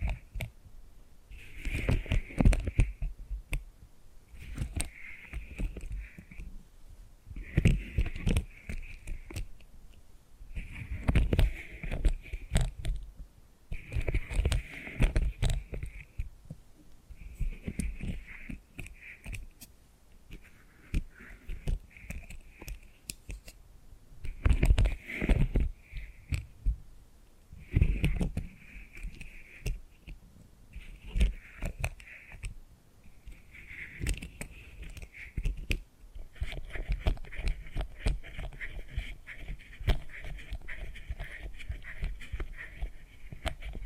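Tapping and scratching sounds come in short bursts every two to three seconds, each cluster of quick taps paired with a bright, hissy scratch. The rhythm stays fairly regular with brief pauses between bursts, and near the end the scratching runs more continuously.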